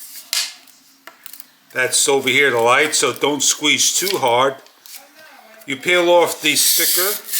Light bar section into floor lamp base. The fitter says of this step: going to Simply clockwise lock it into place you hear it click